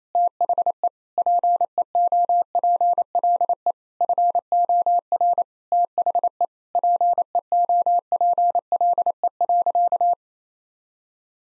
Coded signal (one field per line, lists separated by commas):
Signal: Morse code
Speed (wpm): 28 wpm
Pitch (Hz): 700 Hz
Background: none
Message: THE PEOPLE FOR THE PEOPLE.